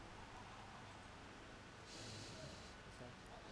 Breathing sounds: one breath in and out by a microphone near the nose and mouth; normal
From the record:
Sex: male

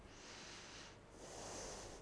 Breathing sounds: one breath in and out by a microphone near the nose and mouth; deep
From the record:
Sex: female

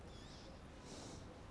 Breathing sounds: one breath in and out by a microphone near the nose and mouth; normal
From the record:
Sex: male

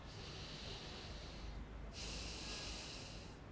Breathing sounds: one breath in and out by a microphone near the nose and mouth; deep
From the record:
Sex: male

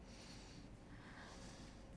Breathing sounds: one breath in and out by a microphone near the nose and mouth; deep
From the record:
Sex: male

